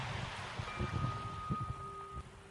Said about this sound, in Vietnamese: Xin vị dành tràng pháo tay để lắng nghe sự chia sẻ của Thượng tọa An Hải.